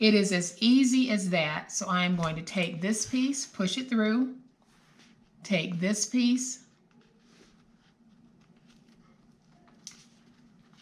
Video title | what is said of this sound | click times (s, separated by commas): REFILLABLE/ DIY Message Center/ Make Fridge Message Board From A Dollar Tree Cutting Board | didn't quite get the same snap but it stuck okay | 9.9 s